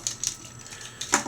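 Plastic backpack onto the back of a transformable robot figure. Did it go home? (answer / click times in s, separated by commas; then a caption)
no / none. The plastic FAST pack backpack is brought up over the back of a Bandai 1/55 Macross VF-1S transformable robot toy and pressed down onto it. Short, sharp plastic handling ticks are heard around 0.1, 0.3, 1.0 and 1.1 seconds. The backpack has not seated or clicked into place yet.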